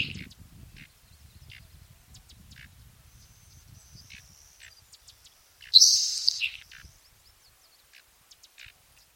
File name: Nelson's Sparrow - Ammodramus nelsoni